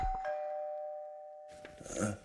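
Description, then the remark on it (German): A doorbell chimes once with a clear, sustained ringing tone that slowly fades, followed by a burst of rustling and shuffling noise. “Das hat geklingelt.”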